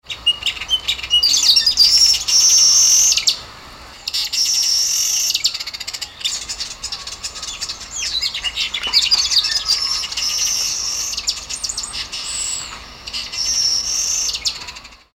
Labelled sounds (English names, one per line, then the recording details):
Black-headed Weaver
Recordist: Tembrock, Günter
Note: Gesang